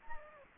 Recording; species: mosquito wingbeat signal from an infrared sensor; Anopheles gambiae